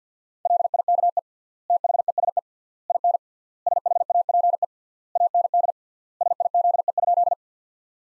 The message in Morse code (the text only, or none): LIKE THESE IN SHAPE AND SIZE?